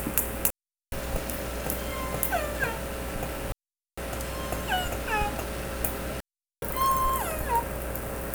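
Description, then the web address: Orca calls: short harmonic sweeps that fall in pitch, in bursts separated by brief silent gaps, over a steady low hum. "Nora Learning Orca Calls"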